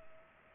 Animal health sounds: mosquito wingbeat signal from an infrared sensor; Culex pipiens

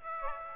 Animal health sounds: mosquito wingbeat signal from an infrared sensor; Aedes aegypti

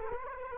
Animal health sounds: mosquito wingbeat signal from an infrared sensor; Culex quinquefasciatus

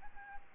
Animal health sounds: mosquito wingbeat signal from an infrared sensor; Aedes albopictus

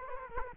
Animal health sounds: mosquito wingbeat signal from an infrared sensor; Culex quinquefasciatus

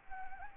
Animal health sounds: mosquito wingbeat signal from an infrared sensor; Anopheles arabiensis

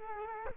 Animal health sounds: mosquito wingbeat signal from an infrared sensor; Culex quinquefasciatus

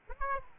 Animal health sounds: mosquito wingbeat signal from an infrared sensor; Aedes aegypti

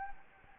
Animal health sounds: mosquito wingbeat signal from an infrared sensor; Anopheles gambiae

